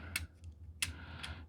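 A plastic leg panel on a Moon Studio MS-06 Cool Peak (G1 Trainbot Seizan) collector robot toy is brought up from the back and its tab is pressed into its slot in the toy's leg during transformation. Sharp plastic ticks sound at 0.2 s and 0.8 s, and the panel is locked into place.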